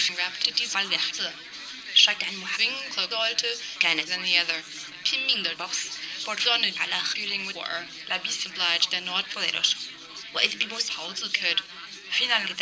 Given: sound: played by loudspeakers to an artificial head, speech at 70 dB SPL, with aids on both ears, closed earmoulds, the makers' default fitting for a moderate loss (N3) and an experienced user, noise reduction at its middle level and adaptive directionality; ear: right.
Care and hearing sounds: speech test signal (ISTS) in cocktail-party noise; +6 dB; on the right (90 degrees)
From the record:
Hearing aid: class 1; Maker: B

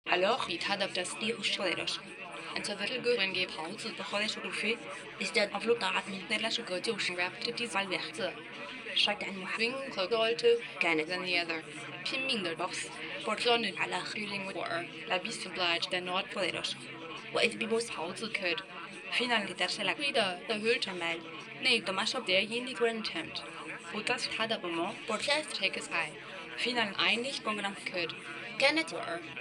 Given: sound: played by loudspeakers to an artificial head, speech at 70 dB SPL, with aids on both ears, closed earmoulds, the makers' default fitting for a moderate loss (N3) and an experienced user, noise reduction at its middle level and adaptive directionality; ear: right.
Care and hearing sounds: speech test signal (ISTS) in cocktail-party noise; +3 dB; on the right (90 degrees)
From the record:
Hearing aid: class 2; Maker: C

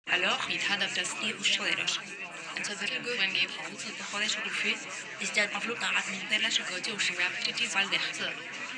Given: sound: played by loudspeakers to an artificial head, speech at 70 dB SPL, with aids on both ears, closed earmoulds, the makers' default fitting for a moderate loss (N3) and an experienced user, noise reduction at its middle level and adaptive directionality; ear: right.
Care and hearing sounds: speech test signal (ISTS) in cocktail-party noise; +3 dB; in front (0 degrees)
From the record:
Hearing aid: class 2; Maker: G

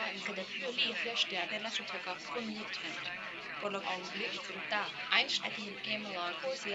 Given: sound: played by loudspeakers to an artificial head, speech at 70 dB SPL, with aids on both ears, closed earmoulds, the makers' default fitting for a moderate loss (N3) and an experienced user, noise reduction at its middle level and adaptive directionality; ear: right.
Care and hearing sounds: speech test signal (ISTS) in cocktail-party noise; 0 dB; in front (0 degrees)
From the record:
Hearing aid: class 1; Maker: F

